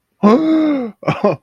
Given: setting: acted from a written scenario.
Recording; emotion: vocal sound without words; positive surprise